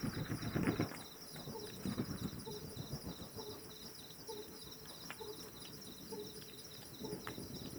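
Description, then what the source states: Pallid scops owl hooting in short, soft, low notes at a steady pace, over a constant high buzzing background, with some low fluttering noise early on. Male hooting, with wingbeats of bats also heard.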